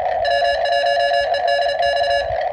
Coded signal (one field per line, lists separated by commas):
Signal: Morse code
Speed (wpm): 33 wpm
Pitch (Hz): 2850 Hz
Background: none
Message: W1EDX